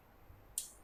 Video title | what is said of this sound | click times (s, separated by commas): MIXER - MESIN ADUN TEPUNG (Tips penggunaan,membersihkan dan penjagaan) | kena kita kita tahu kita tekan ide ada satu bunyi klik | 0.6 s